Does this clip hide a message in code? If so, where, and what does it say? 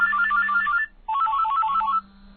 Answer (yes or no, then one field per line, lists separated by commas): no